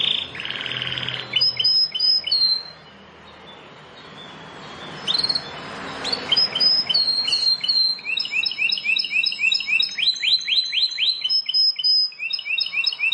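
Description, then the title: Bar-winged prinia song, quick repeated upslurred chirps and high buzzy notes in fast runs, with a brief burst of insect-like buzzing. "Ciblek Sawah"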